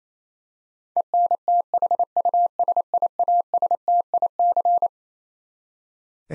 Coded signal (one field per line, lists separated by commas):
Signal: Morse code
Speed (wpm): 28 wpm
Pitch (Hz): 700 Hz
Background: none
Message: ENTHUSIASTIC